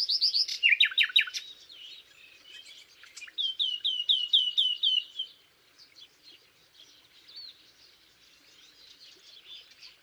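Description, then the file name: Common nightingale: loud rapid repeated notes, then a smooth series of evenly repeated whistles, fading into quiet twittering for the last few seconds. "Luscinia megarhynchos"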